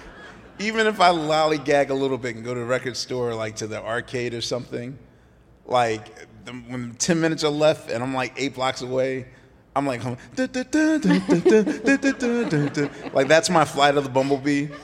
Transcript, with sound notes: even if I lollygagged a little bit and go to the record store, like, to the arcade or something, like, when 10 minutes are left and I'm, like, eight blocks away, I'm, like, humming (humming).
(LAUGHTER)
Like, that's my "Flight Of The Bumblebee."